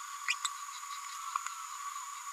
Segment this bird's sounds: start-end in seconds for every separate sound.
0.28-0.34, 0.44-0.47